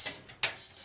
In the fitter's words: snaps into place